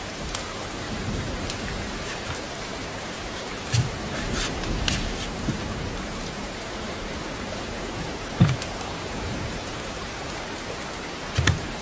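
A fire burns on a rainy day, with a steady, dense hiss of rain filling the whole clip. Sharp crackles and pops break through now and then, around four, five, eight and eleven and a half seconds.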